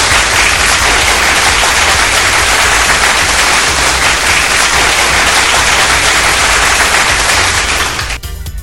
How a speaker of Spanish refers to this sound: Un fuerte aplauso para ustedes, por supuesto.